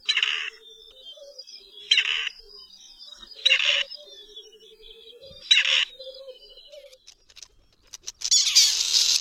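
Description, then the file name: Grey partridge calls: several harsh grating bursts, with soft low tonal notes between them and a noisy rush at the end. "KUROPATWA"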